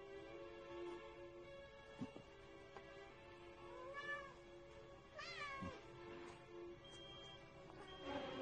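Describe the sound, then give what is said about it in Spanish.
A cat meows several times, drawn-out cries that rise and bend in pitch, spaced a second or two apart over a steady low hum with no talking. “Hola, gatito.”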